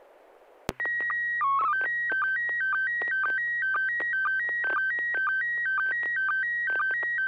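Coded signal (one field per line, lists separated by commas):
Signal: SSTV (slow-scan television)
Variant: PD 120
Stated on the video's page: SSTV images exchanged on a weekly amateur net via an FM repeater on 441.300 MHz in Sacramento, California.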